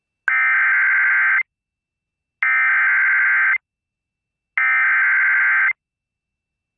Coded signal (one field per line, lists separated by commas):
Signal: Emergency Alert System (SAME) tones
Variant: header bursts